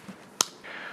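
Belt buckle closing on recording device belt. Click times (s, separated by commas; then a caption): 0.4 s. After the belt length on a recording device is adjusted, its plastic buckle is snapped closed. A single sharp, loud click is heard at 0.4 seconds, then a quieter rustle of the belt. The buckle seats, snapped shut.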